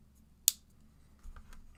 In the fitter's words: That was a satisfying click.